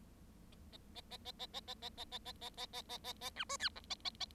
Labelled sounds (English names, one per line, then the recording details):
Bengalese Finch song
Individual Bird7